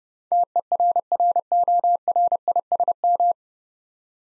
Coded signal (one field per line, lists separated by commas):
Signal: Morse code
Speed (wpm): 30 wpm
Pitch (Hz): 700 Hz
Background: none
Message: TERRORISM